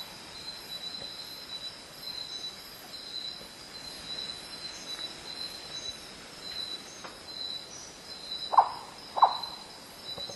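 Cinnabar hawk-owl calls: two short mid-pitched notes about half a second apart near the end, over a steady high insect drone and low background noise.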